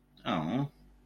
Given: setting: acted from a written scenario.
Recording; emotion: vocal sound without words; adoration